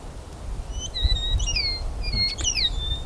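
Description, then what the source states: Eastern Meadowlark calling with clear, slurred whistles that fall in pitch, several phrases over about three seconds, with a low steady rumble underneath. A call, one of a couple of different calls they make; two males right next to each other; meadow in Ontario, early in the season.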